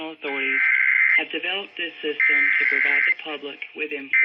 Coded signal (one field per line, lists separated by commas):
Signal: Emergency Alert System (SAME) tones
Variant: header bursts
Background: speech